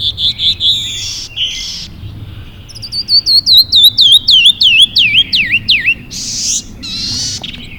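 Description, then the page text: Canyon wren singing a falling cascade of bright, slurred whistles that drop step by step in pitch, followed by a couple of harsher buzzy notes. "Canyon Wren - Catherpes mexicanus - Birds of the World"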